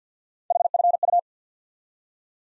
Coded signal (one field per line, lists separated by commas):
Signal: Morse code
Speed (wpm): 50 wpm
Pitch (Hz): 700 Hz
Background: none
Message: HFU